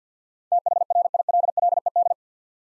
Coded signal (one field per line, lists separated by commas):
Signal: Morse code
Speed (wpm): 53 wpm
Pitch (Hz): 700 Hz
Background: none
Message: THRILLED